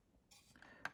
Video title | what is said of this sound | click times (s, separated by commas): Bburago Bugatti Divo Review (Scale 1/18) | doors will close up like so and they do kind of Click into place which is nice | 0.9 s